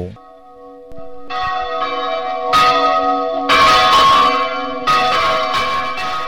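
Church bells of St. Peter's Basilica in the Vatican, Rome, peal to call people to mass, with repeated overlapping strikes, each adding to a shimmering, sustained metallic hum that grows fuller and louder as the ringing continues, with no voices present.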